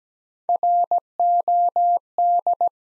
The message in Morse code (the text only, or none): ROD